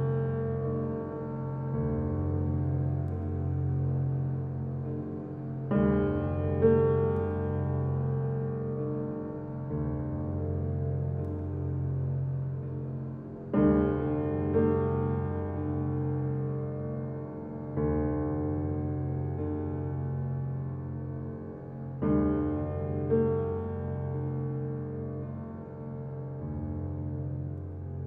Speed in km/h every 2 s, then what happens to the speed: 98, 98, 98, 98, 98, 98, 99, 99, 95, 92, 92, 92, 92, 91.
0-13 steady at about 98. 13-18 slows to 92. 18-28 steady at about 92.